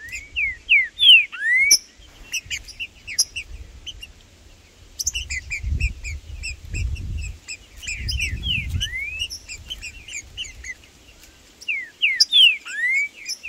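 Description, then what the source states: Green-winged saltator song: bursts of slurred whistled phrases at the start and end, with continuous high chirps and twitters between and some low rumbling noise. Trinca-ferro in the bush chirping (piando), singing and macheando (male display) in competition with a free bird; birds named Blindado and Tufão.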